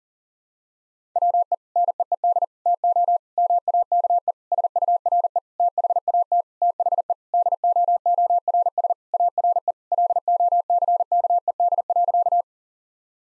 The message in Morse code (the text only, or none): WE NEED TO MAKE SURE THAT THE DOORS ARE LOCKED.